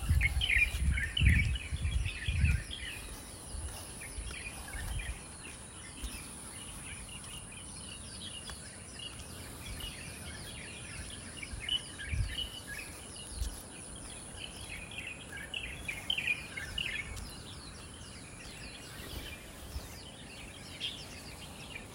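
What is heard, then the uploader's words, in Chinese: Busy birdsong chirps steadily from coastal shrubs at dawn, with a thin high insect whine throughout and low rumbling thumps in the first few seconds. 花蓮石梯坪夏天清晨的鳥鳴。清晨起床在無人的石梯坪海岸漫步，樹叢傳來聽起來頗忙碌的鳥鳴。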